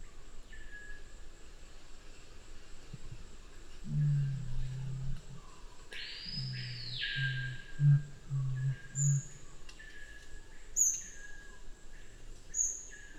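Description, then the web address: Black curassow giving a deep booming hum, a long low note then a broken series of short booms, with an arched higher call and faint high sounds. "sound Black-curassow. صدای-پرنده-کاکل-فری-سیاه"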